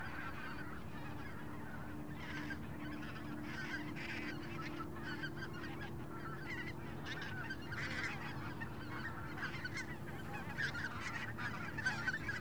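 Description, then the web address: Goose: flock of geese giving a steady wash of overlapping honks, fairly subdued, with low wind noise underneath. Large flock of geese passing overhead, open field, Wendland, autumn, light wind. "GDC 2016-Game Audio Bundle Shaping Waves - WENDLAND AUTUMN Wendland Autumn Open Field Big Goose Swarm Passing Overhead Light Wind"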